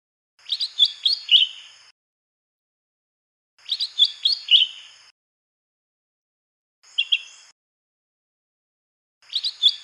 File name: suara kicauan cucak hijau mini di alam liar. omkicau